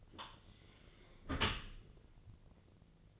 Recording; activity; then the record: daily activity, microphone in the room; close dishwasher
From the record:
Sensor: 4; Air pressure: 1001.3 hPa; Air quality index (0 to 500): 181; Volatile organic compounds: 2 ppm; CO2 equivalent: 1294 ppm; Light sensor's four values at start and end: 12/27/11/11 and 12/28/12/12